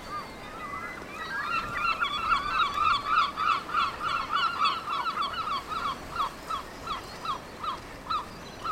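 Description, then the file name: Seabirds calling harshly in a crowded chorus that thins into an evenly spaced series of single squawks by the close. Seabirds at Cap Fréhel. "oiseaux marins au cap frehel"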